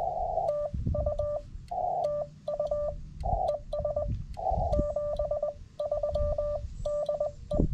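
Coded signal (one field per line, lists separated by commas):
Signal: Morse code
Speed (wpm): 18 wpm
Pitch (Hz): 600 Hz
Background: none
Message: TU TU ES 73DE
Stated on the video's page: CW Summits on the Air activation on an FT-891 at higher power; band conditions better than expected, fast activation.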